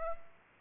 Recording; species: mosquito wingbeat signal from an infrared sensor; Aedes aegypti